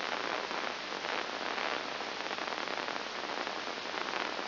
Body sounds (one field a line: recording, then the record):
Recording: brain microelectrode recording played as sound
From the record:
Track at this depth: inside the subthalamic nucleus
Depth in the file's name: 2.903 mm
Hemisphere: left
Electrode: 2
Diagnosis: Parkinson's disease